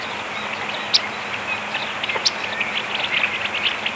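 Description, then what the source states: Yellow-rumped warbler giving a few sharp, high chip notes over a steady hiss. Audubon's form.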